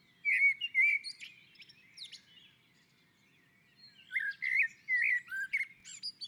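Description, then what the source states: Common blackbird song: a fluted warbling phrase with high chirps, a short pause, then a second melodious phrase with scratchy twitters. On a roof.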